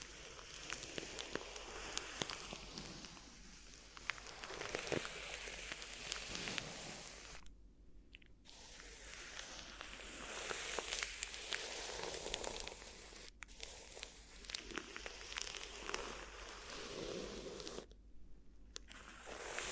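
Crinkly ear massage: dense, continuous crackling and rustling with many sharp little ticks layered over a soft low rumble. The crinkling fills almost the whole twenty seconds, stopping briefly near 7.5 seconds and again around 18 seconds, with a quick break at 13.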